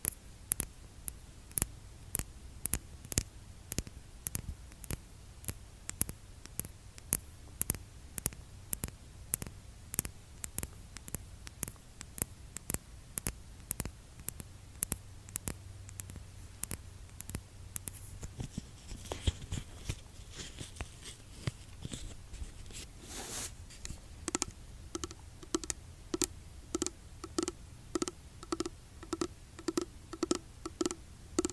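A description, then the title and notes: Fingertips tap steadily on a skincare product container, sharp clicks falling at a quick, even pace of about two per second throughout. Past the midpoint the taps pick up a ringing, hollow tone and grow slightly denser, over a faint low hum and soft hiss. Skincare product tapping. Blue yeti microphone.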